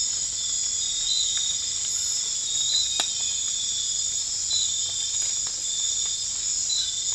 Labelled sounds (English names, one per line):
none